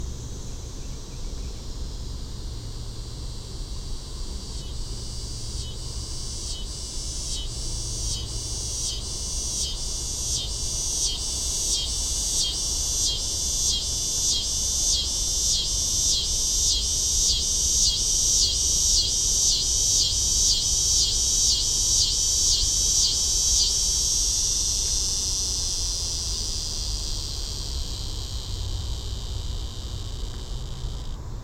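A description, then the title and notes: A scissor-grinder cicada calls in a high, buzzing drone, pulsing in rapid regular beats that build from the start, peak around twenty seconds, then trail off near twenty-five. A low rumble runs underneath throughout, with occasional soft thumps. Scissor-Grinder Cicada (Neotibicen winnemanna). Recorded at 7:24 pm at Daingerfield Island. Fostex FR-2, Sennheiser ME-62, Telinga Parabola.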